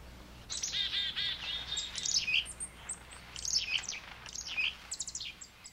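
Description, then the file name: Chickadee calling: a rapid series of buzzy, harsh dee notes, then high thin chips and short slurred whistles in irregular bursts. Dated 14 December 1986. "1986-12-14 Chickadee"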